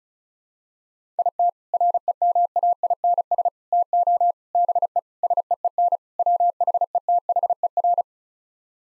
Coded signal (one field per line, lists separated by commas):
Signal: Morse code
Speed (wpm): 34 wpm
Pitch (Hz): 700 Hz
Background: none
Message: IT REMAINS TO BE SEEN WHETHER